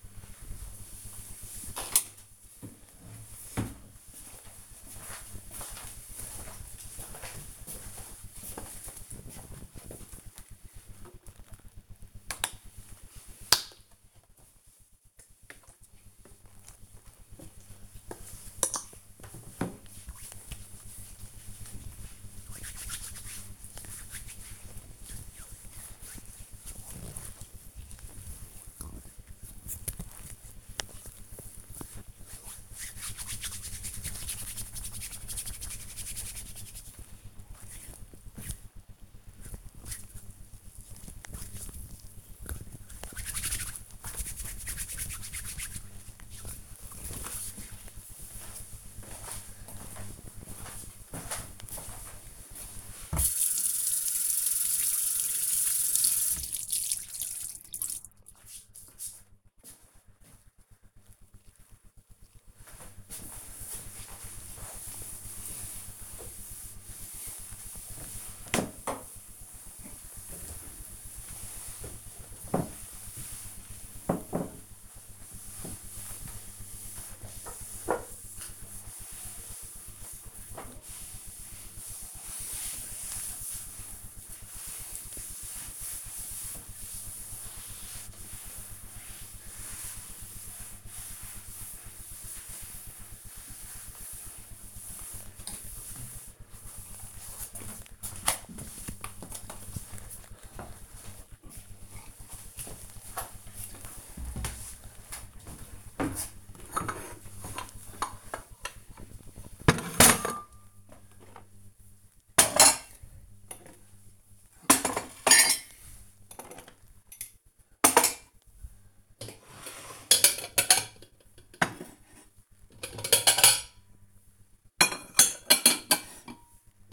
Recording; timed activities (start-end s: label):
household activities, microphone on the right wrist
11.79-44.04 s: disinfecting hands
55.12-99.44 s: cleaning table
105.48-126.93 s: putting away the dishes